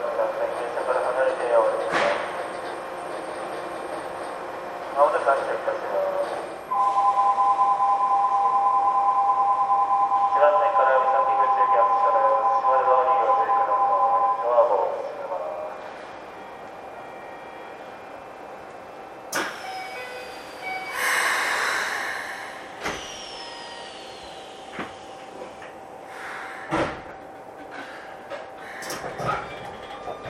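A ride on a Keikyu New 1000 series aluminum train between Yokohama and Misakiguchi. The motor whine rises in steps, then holds a steady pitched tone until about 15 seconds and fades. Quieter running follows, broken by sharp clacks near 19, 21, 23 and 27 seconds.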